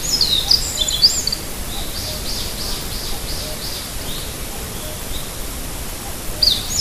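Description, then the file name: Meadow bunting song: a brief high twittering phrase at the start, faint fragments in the middle, and another phrase beginning at the end, against a steady hiss. "hojiro"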